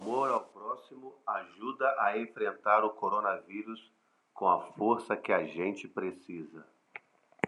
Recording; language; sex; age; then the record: spoken sentence; Brazilian Portuguese; male; 40 to 49 years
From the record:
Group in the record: control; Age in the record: 48 years